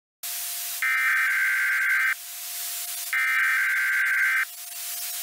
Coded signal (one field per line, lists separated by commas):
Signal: Emergency Alert System (SAME) tones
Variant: header bursts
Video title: EAS Scenario - The Wind and Spores